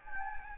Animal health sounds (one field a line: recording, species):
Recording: mosquito wingbeat signal from an infrared sensor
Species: Anopheles gambiae